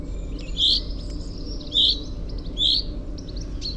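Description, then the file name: Common chaffinch calls, short bright notes repeated about once a second over a steady low hum, with fainter bird notes in the background. "Fringilla coelebs"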